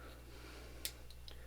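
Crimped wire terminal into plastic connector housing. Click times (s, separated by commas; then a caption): 0.9 s. A crimped wire terminal, oriented the correct way, is pushed into a plastic Delphi automotive connector housing for auxiliary light wiring on a 1997–2001 Jeep XJ. A sharp click at 0.9 s marks the terminal snapping and locking into place, followed by two fainter ticks at 1.1 s and 1.3 s over a steady low hum. The terminal is seated and locked.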